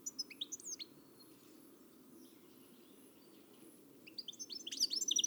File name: Carduelis carduelis